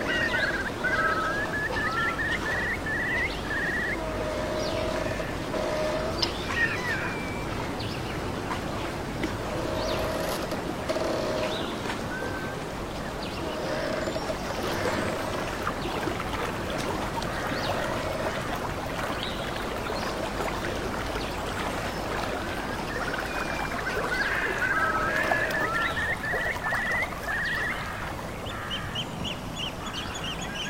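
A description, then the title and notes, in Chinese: A real nature ambience of steady, dense rushing noise that stays even throughout. Bird calls chirp repeatedly over it in quick runs, clustered near the start and again around the middle and end, with faint duck-like quacks mixed in. 真实录制的大自然白噪音氛围。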